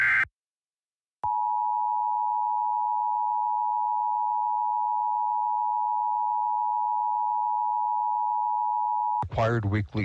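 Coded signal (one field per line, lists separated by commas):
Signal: Emergency Alert System (SAME) tones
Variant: 853 and 960 Hz attention tone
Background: speech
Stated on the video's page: Fictional EAS scenario.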